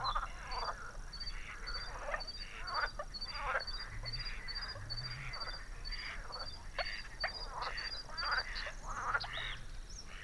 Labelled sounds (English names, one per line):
Bluethroat song